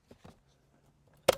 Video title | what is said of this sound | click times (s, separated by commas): Honda Jazz - 1.4-Litre - Auto - Spares or Repairs Sale - Runner - MOT | Locks in place. | 1.3 s